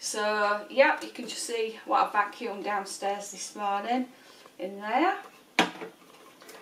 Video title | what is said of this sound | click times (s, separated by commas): SHARK VACUUM CLEANER REVIEW AUTUMN 2019 | just clicks back in so | 5.6 s